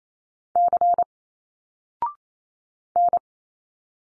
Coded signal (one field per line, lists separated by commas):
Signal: Morse code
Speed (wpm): 28 wpm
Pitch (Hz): 700 Hz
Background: none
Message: C N